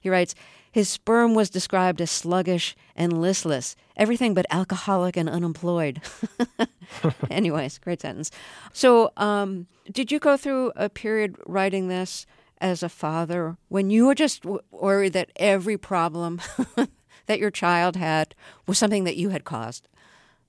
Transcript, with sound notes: He writes, his sperm was described as sluggish and listless - everything but alcoholic and unemployed. (Laughter) Anyways - great sentence. So did you go through a period writing this as a father when you were just worried that every problem that your child had was something that you had caused?